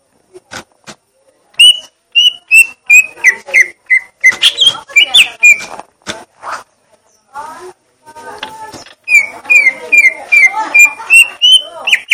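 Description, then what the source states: Leafbird song opening with scattered clicks, then runs of quick whistled notes and twittering, ending in a steady series of bright repeated whistles. Song of the gledek (thunder) style.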